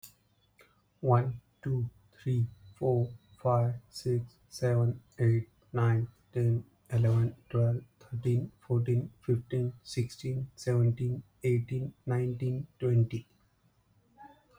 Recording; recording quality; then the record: counting at a normal pace; excellent, no background noise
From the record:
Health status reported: healthy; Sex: male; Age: 35 years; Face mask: not worn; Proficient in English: yes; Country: India